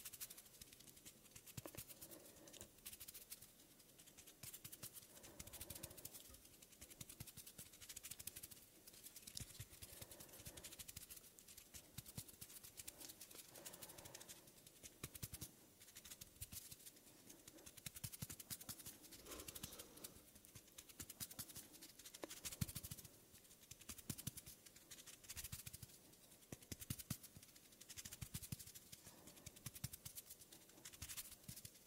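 Soft hand sounds and skin movements, with dense, irregular rubbing and brushing textures running the whole time. Frequent small taps and scratchy clicks pop out of the bed of friction noise, and brief low-pitched tones appear every few seconds.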